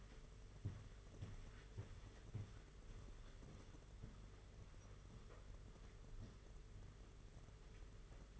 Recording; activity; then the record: daily activity, microphone in the room; walk to room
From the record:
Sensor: 4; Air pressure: 991.9 hPa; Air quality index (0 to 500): 86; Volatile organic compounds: 7 ppm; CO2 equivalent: 1954 ppm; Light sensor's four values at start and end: 21/74/27/29 and 21/75/27/29